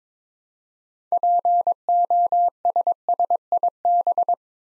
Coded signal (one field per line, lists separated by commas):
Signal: Morse code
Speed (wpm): 22 wpm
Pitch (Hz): 700 Hz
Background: none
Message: POSSIB